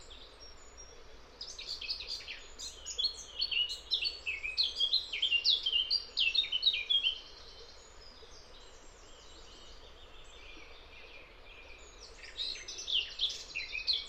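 Wind moves across an open landscape as a steady low rush, with birds singing over it. A dense burst of bright chirps and trills fills roughly the first half, fades to just the windy hiss, then returns briefly near the end.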